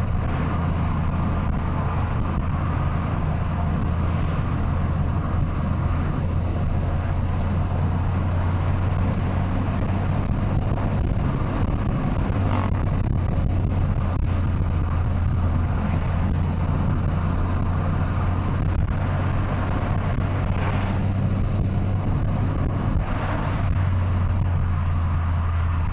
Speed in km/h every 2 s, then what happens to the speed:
95, 96, 95, 94, 92, 100, 103, 99, 105, 109, 112, 109, 95.
0-9 steady at about 95. 9-11 speeds up to 103. 14-20 speeds up to 112. 20-26 slows to 95.